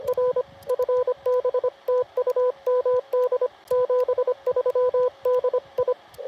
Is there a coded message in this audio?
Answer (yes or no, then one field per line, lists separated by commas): yes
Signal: Morse code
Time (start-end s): 0.1-5.9 s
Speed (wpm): 25 wpm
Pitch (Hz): 1000 Hz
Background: radio noise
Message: R FB TU MD 73 DI